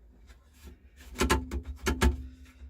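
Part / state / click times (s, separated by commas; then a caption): swivel seat base lock pin into its slot in the van seat base / seated / 1.2 s, 2.0 s. The passenger swivel seat base in a VW T25 van is rotated back round, with rubbing and scraping as it turns. Metallic clunks at about 1.2 s and 2.0 s mark the locking pin dropping into its slot in the seat base. The swivel seat base is locked in place.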